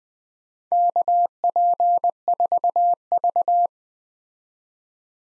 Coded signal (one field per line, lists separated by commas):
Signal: Morse code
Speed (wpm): 20 wpm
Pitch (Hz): 700 Hz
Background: none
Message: KP4V